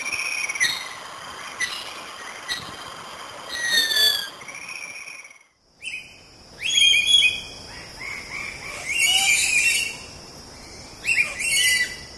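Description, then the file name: Lorikeet chatter: squealing whistles and rising notes, then after a short pause a busier run of shrill screeches and squeaks. "Лори -Лорикет -Попугай -Голоса-птиц"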